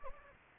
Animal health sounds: mosquito wingbeat signal from an infrared sensor; Anopheles gambiae

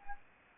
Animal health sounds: mosquito wingbeat signal from an infrared sensor; Anopheles arabiensis

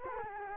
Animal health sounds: mosquito wingbeat signal from an infrared sensor; Culex quinquefasciatus

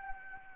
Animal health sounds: mosquito wingbeat signal from an infrared sensor; Anopheles gambiae

